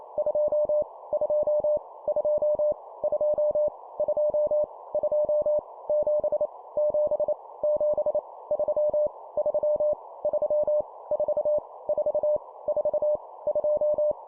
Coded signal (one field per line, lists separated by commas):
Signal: Morse code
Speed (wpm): 28 wpm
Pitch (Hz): 600 Hz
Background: none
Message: 2 2 2 2 2 2 7 7 7 3 3 3 4 4 4 2